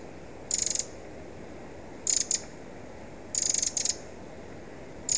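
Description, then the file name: Eurasian wren calling in brief high dry rattles, some single and some doubled, spaced irregularly over a constant rushing background. "Troglodytes troglodytes"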